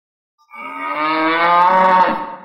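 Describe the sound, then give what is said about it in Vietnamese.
A water buffalo lets out one long, loud bellowing roar, a deep harmonic call that holds steady for about two seconds after a moment of silence, with no voices. “Tiếng trâu gầm phát ra chấn động trời đất, hư không đổ nát.”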